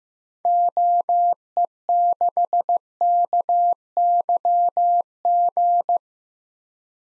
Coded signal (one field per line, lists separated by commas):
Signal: Morse code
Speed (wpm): 15 wpm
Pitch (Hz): 700 Hz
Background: none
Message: OE6KYG